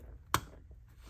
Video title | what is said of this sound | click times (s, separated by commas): BMW Z4 E85 N52 Valve Cover Gasket | once you get that satisfying click you know that's on | 0.3 s